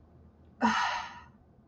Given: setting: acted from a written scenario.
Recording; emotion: vocal sound without words; contempt